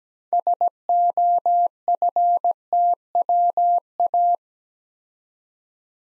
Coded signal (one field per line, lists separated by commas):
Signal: Morse code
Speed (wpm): 17 wpm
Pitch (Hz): 700 Hz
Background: none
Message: SOFTWA